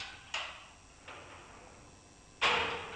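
A padlock snaps shut in three sharp metallic clicks, spaced unevenly, the last one the loudest, each leaving a brief ringing tail over a faint steady hum.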